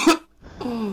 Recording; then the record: coughing mixed with background sound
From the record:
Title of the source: 64 coughing, allergies, singing lungs